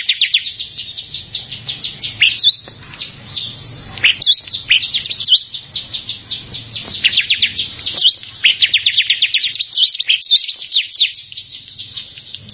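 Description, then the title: Bar-winged prinia singing a long, fast chattering run of high, sharp downslurred notes, with brief thin whistled tones between bursts. "Ciblek Sawah"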